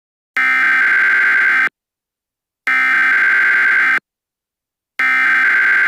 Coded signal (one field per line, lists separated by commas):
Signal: Emergency Alert System (SAME) tones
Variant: header bursts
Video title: Hurricane Ike (An EAS Mock)